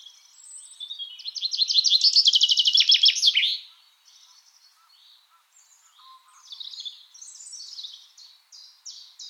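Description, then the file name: Common chaffinch giving one energetic trilled phrase of about two and a half seconds that drops in pitch and ends in a flourish, then fainter high calls. "Fringilla coelebs"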